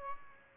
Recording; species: mosquito wingbeat signal from an infrared sensor; Aedes aegypti